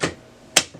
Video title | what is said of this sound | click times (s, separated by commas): Brother HL 3075cw - Onyx Imaging - Tulsa Printer Repair - How to Replace Toner | once you hear it click you know that it's in there | 0.6 s